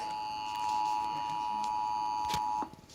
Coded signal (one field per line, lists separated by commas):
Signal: Emergency Alert System (SAME) tones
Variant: 853 and 960 Hz attention tone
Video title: National EAS Test on TV on September 28 2016